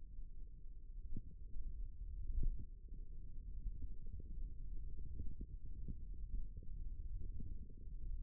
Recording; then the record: forearm muscle sounds (acoustic myography)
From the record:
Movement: finger pinch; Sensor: system 1, eight BSWA MPA416 microphones around the upper forearm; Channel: 2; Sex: male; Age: 18 years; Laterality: right